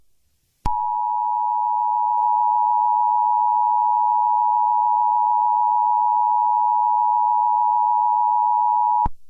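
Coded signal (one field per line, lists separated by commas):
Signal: Emergency Alert System (SAME) tones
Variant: 853 and 960 Hz attention tone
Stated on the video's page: Fictional EAS scenario, not a real alert.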